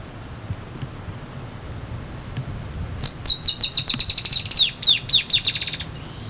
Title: LuckyPassaro Completos2Sama. Dusky-tailed Antbird (Drymophila malura)